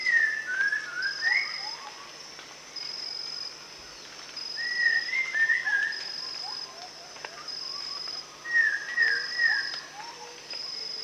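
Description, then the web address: Rufous-tailed shama giving clear whistled phrases of rising and falling slurs in three bursts about four seconds apart, over a steady high insect drone. Recorded at Danum on 1 January 2008. "DANUM 20080101. rufous-tailed shama"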